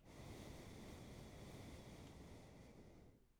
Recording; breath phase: one breath near a microphone; exhalation